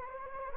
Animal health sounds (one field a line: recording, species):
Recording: mosquito wingbeat signal from an infrared sensor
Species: Anopheles gambiae